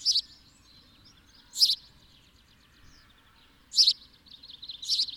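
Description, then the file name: House sparrow cheeps: four strong, clipped chirps at uneven intervals over soft background chatter. "Passer domesticus"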